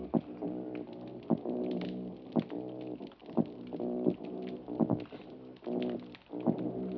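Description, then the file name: Mulloway calls: continuous low, rumbling pulsed grunts broken by sharp knocking thuds about every second. "Parsons M-2013 Argyrosomus-japonicus"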